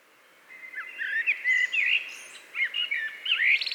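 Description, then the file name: Common blackbird warbling phrases, fluty notes sliding between low and mid pitch, broken by brief pauses, ending with a higher twittering flourish. "Turdus merula"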